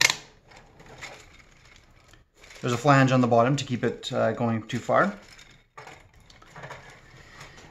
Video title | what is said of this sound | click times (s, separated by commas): 3D Printed Strandbeest Gearbox Adapter | you just bring it up through the bottom and it snaps right into place | 0.0 s